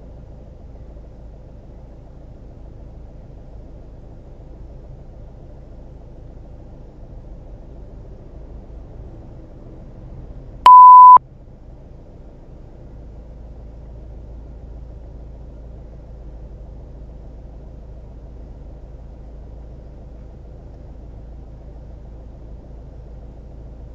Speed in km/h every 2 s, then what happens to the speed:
0, 0, 0, 0, 0, 0, 0, 0, 0, 0, 0, 0.
0-24 standing.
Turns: none.